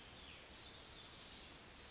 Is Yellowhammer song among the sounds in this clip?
no